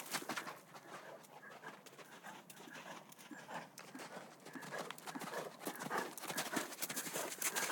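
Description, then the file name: Galloping horse, dense irregular hoof strikes on a soft surface, building slightly louder toward the end. Galloping outside in sand. "G 4 F SFX - HORSES - Galloping outside in sand"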